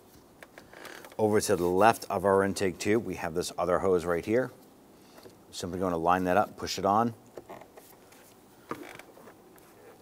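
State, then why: Seated. A hose beside the intake tube in the engine bay of a 2011–2019 Ford Explorer is lined up and pushed onto its port while someone talks. The quick-connect fitting snaps into place with a sharp click at 8.7 s, followed by a few lighter handling clicks.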